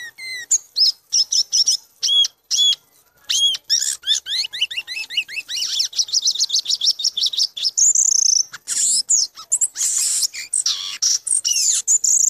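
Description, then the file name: Violaceous euphonia song, a busy, continuous run of high, quick chirps and twittering notes, with some rising whistled elements and rapid trills throughout. "gaturamo verdadeiro"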